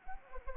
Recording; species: mosquito wingbeat signal from an infrared sensor; Anopheles arabiensis